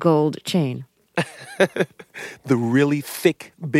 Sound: laughter

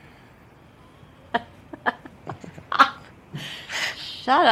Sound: laughter

